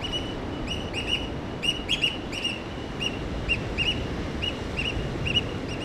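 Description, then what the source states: Oystercatcher piping calls: shrill, high repeated notes, given singly and in quick pairs throughout, over steady background noise. Recorded on 1 June 2008 at 05:15.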